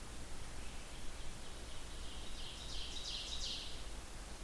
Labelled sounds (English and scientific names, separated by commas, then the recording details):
Ovenbird (Seiurus aurocapilla) song
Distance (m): 75 m
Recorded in boreal forest in Alberta, Canada, on 16 June 2016 at 05:30
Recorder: SongMeter 3, array SBT-3-32
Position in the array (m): 108 m, 140 m
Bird 37